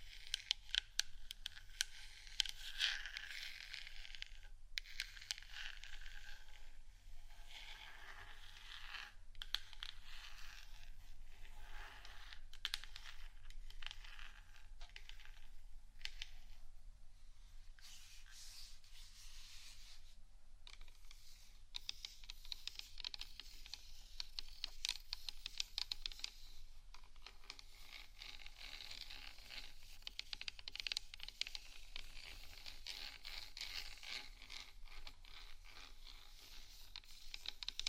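Gentle scratching and tapping run without a break through the whole clip, a soft bright rasp made of many quick, dense strokes. Sharper taps stand out now and then, most clearly in the first few seconds. A low steady hum sits underneath throughout.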